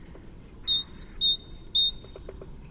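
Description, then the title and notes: Great tit song: clear two-note whistled phrases, a high note then a lower one, repeated four times in a steady seesaw rhythm. "Kjøttmeis by forskningno"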